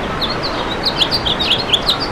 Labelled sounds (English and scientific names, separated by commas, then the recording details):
House Finch (Haemorhous mexicanus) song
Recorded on Long Island, New York, on 26 June 2012
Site BW
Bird A